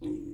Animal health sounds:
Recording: pig call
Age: weaner (32 to 43 days)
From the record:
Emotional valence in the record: negative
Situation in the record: negative conditioning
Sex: female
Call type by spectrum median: low-frequency call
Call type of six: low-frequency stable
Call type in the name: low-frequency stable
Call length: 0.34 s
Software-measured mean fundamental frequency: 47 Hz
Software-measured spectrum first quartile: 260 Hz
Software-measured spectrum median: 306 Hz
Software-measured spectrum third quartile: 346 Hz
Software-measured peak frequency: 310 Hz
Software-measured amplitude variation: 175 dB a second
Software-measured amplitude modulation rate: 29.5 a second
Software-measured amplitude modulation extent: 5.9 dB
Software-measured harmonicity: 9.2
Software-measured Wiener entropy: 0.34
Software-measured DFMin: 1081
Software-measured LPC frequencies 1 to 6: 315, 2133, 2540, 3457, 3918, 4790 Hz

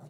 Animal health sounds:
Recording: pig call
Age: piglet (1 to 25 days)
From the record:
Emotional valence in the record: negative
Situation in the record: long isolation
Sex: female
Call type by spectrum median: low-frequency call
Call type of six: low-frequency tonal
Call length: 0.10 s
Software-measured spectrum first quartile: 150 Hz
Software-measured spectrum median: 278 Hz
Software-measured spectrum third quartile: 801 Hz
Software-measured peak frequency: 149 Hz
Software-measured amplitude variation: 50 dB a second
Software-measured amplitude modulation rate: 4.9 a second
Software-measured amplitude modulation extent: 10.1 dB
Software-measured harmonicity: 2.9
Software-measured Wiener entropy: -0.39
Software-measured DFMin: 879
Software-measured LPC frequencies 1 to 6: 666, 2570, 4103, 5872, 7355, 8363 Hz

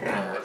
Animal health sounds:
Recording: pig call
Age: piglet (1 to 25 days)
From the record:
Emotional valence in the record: negative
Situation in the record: missed nursing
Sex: male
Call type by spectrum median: low-frequency call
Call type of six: low-frequency modulated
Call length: 0.45 s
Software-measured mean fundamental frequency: 85 Hz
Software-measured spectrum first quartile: 444 Hz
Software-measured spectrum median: 824 Hz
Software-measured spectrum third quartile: 1571 Hz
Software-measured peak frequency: 573 Hz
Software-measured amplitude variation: 109 dB a second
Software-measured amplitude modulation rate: 23.3 a second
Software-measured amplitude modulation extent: 4.7 dB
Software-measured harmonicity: 0.3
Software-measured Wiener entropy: -0.84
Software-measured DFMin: 984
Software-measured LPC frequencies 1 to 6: 604, 1707, 2366, 4393, 5968, 6818 Hz

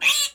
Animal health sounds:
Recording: pig call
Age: piglet (1 to 25 days)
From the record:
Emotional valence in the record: negative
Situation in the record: restrain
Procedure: sham castration, fixation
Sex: male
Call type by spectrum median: high-frequency call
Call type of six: high-frequency stable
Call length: 0.35 s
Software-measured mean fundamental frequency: 110 Hz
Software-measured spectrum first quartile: 2802 Hz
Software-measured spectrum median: 3775 Hz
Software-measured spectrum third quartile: 6649 Hz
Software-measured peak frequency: 2503 Hz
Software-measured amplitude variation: 155 dB a second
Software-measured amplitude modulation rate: 10.0 a second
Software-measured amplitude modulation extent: 15.4 dB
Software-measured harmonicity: 3.9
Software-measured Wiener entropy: -2.41

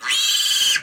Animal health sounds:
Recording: pig call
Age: piglet (1 to 25 days)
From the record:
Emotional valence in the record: negative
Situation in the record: castration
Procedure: castration, shear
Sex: male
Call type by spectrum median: high-frequency call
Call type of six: high-frequency modulated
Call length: 0.83 s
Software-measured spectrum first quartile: 2962 Hz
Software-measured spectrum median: 3905 Hz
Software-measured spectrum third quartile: 6219 Hz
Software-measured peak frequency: 3057 Hz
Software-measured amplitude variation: 126 dB a second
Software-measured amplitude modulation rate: 19.9 a second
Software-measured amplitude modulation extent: 6.3 dB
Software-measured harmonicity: 4.3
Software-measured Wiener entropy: -2.52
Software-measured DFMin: 504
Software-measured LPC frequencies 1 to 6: 1758, 3133, 3920, 4598, 6077, 6754 Hz

